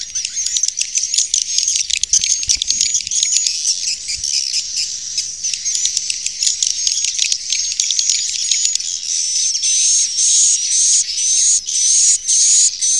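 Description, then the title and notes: Swiftlet twittering calls, dense high chirps over a steady shrill whine, forming a continuous buzzy chatter that grows more pulsed and rhythmic toward the end. Used in swiftlet farming in Asia. "Swiflet Bird Sound. Farming Swiflet Bird asia sound"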